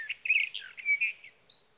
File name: Sage Thrasher